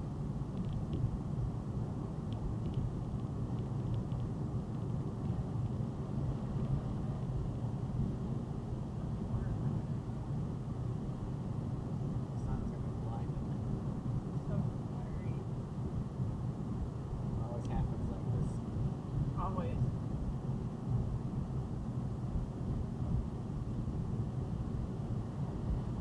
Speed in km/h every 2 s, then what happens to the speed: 97, 97, 97, 97, 98, 100, 100, 100, 101, 100, 98, 97, 97.
0-26 steady at about 98.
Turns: none.